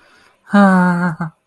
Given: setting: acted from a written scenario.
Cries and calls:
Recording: vocal sound without words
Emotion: elation

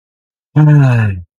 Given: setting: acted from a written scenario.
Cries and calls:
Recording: vocal sound without words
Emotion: relief

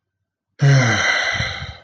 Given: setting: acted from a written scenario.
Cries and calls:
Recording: vocal sound without words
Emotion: serenity

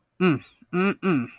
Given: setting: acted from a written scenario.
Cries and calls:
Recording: vocal sound without words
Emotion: contempt

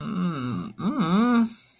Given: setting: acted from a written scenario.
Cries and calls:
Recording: vocal sound without words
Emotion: embarrassment

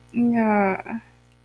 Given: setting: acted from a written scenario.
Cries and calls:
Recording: vocal sound without words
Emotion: embarrassment

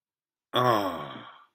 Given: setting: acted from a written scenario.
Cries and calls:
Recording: vocal sound without words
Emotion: awe

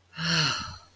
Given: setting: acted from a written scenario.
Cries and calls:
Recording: vocal sound without words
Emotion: desire

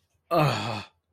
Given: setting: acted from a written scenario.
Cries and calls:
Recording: vocal sound without words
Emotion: negative surprise

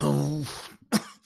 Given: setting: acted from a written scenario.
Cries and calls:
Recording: vocal sound without words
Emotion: anger

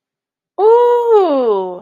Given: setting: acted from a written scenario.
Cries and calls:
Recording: vocal sound without words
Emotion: elation

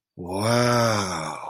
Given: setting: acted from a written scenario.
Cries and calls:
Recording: vocal sound without words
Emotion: awe

